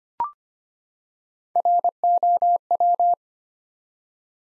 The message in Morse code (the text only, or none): ROW